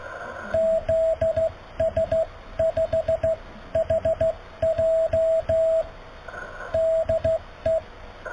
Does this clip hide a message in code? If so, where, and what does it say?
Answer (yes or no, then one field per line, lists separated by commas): yes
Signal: Morse code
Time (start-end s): 0.5-7.8 s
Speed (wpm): 15 wpm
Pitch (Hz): 650 Hz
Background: radio noise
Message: ZS5HJ DE